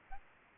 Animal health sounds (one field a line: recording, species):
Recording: mosquito wingbeat signal from an infrared sensor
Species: Aedes aegypti